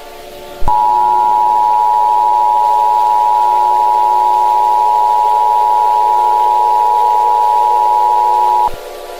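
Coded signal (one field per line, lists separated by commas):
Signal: Emergency Alert System (SAME) tones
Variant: 853 and 960 Hz attention tone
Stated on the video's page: Recreation of a remade EAS scenario for a tornado warning.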